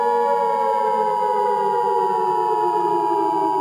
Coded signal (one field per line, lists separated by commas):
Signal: Emergency Alert System (SAME) tones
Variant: 853 and 960 Hz attention tone